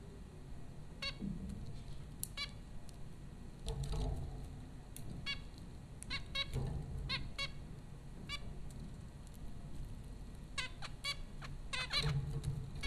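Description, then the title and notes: Zebra finch calls, short nasal beeps scattered throughout in small bursts, over a steady low hum. Zebra finches at Popcorn School, Flatbush, Brooklyn, New York, April 15, 2009. "Dronecast: The Popcorn Finches Four from Apr 15, 2009. Zebra finches recorded by Dan Bodah at Popcorn School, Flatbush, Brooklyn NY in April 2009"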